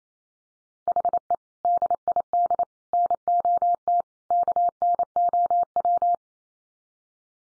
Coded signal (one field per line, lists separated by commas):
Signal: Morse code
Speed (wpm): 28 wpm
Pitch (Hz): 700 Hz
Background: none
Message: HE DID NOT KNOW